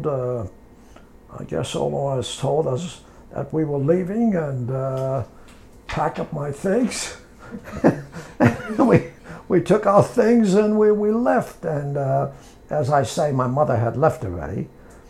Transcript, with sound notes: I guess all I was told was that we were leaving, and pack up my things. And (he laughs) we, we took our things and we, we left. And as I say my mother had left already.